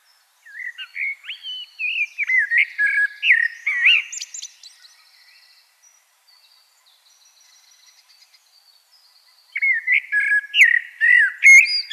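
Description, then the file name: Common blackbird song: a flowing series of whistled, slurred notes ending in a squeaky twitter, then quiet with faint chirps before the next warbled phrase begins. "Turdus merula"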